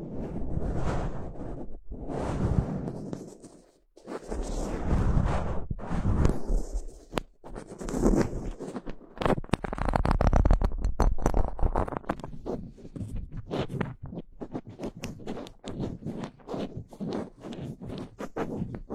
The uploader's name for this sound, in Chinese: 手指抓挠话筒